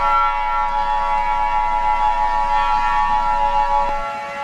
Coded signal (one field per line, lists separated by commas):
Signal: Emergency Alert System (SAME) tones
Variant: 853 and 960 Hz attention tone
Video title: EAS scenario #8 AMERICAN PSYCHO July 4th special